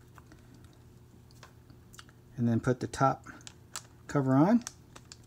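The top cover of a rugged plastic Pelican Shield iPhone XS case is handled as it is brought onto the case body around the phone. Light, scattered taps and clicks sound through the clip while someone talks. Nothing has seated or clicked into place yet.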